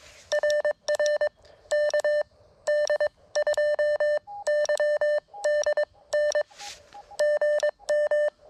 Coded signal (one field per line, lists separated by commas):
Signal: Morse code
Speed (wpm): 22 wpm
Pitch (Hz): 1800 Hz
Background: none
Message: RR KD2YDN GM